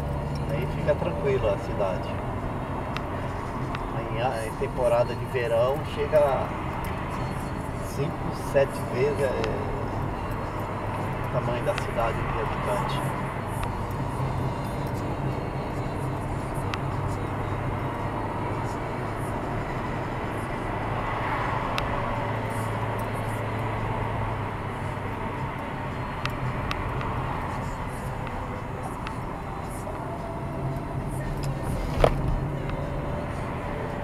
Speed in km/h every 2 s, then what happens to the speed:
41, 40, 33, 42, 44, 42, 42, 44, 45, 46, 40, 45, 38, 37, 35, 40, 39.
0-4 slows to 33. 4-7 speeds up to 44. 7-20 steady at about 44. 25-34 steady at about 37.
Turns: none.